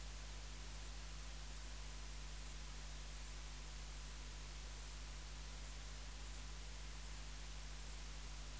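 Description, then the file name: Saddle-backed bush-cricket chirping steadily: brief high-pitched buzzes repeated evenly, with a constant low hum behind. "Ephippiger cruciger"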